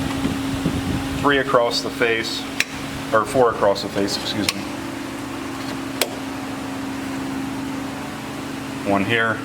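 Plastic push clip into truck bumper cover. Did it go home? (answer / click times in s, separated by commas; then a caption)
yes / 6.0 s. A plastic push-type retaining clip is set flush in the front bumper cover of a 3rd Gen Toyota Tacoma, and its cap is pushed down until it seats. Someone talks over a steady background hum, and one sharp snap is heard at 6.0 s as the clip snaps home.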